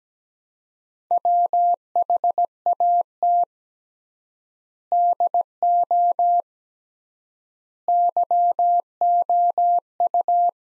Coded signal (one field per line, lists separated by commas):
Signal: Morse code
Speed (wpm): 17 wpm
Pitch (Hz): 700 Hz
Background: none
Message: WHAT DO YOU